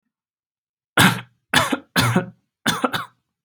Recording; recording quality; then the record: heavy voluntary cough; excellent, no background noise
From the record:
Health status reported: healthy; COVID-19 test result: negative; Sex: male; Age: 23 years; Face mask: not worn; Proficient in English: yes